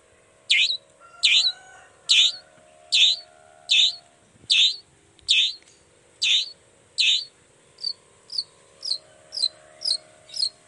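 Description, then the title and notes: Long-tailed shrike song: loud downslurred notes about every second, then a quicker series of shorter, softer chirps near the end. Singing actively in the morning, with 'toet toet' sound variations and opening its repertoire; said to make other shrikes respond. "Cendet Gacor Dor Di Kala Pagi Toet Toet Variasi Suara. Cendet Gacor Pagi Hari. Burung cendet"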